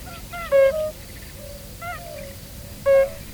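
European fire-bellied toad calls: soft, mellow hooting notes, each short and level in pitch, given in a brief series of three over faint background hiss.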